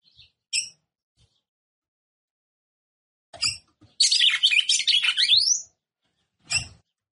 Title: Canto Galo De Campina. Fêmea De Galo De Campina Batendo Fogo